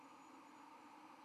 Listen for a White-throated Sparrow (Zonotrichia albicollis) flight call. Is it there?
no